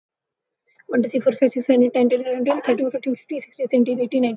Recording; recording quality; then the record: counting at a fast pace; excellent, no background noise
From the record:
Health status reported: healthy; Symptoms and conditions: none ticked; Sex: female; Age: 21 years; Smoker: not ticked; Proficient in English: yes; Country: India